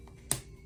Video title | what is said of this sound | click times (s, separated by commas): Kindergarten | snap that cap make sure it's snapped tight you hear that snap now remember | 0.3 s